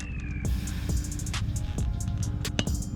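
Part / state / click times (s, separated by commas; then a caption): electrical wiring connector plugging into its mating socket on a motorcycle / seated / 2.6 s. On the other side of a motorcycle, a plastic electrical wiring plug is pushed home into its mating socket while music plays underneath. A sharp click sounds at 2.6 s as the connector seats, and the click is confirmed.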